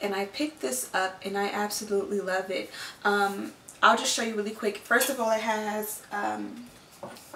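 Someone talks while handling a deodorant aerosol can whose plastic spray actuator has a lock that is pushed backwards into its locked position so the can cannot spray in a bag. The clip ends before the actuator lock goes home, and nothing has seated or clicked yet.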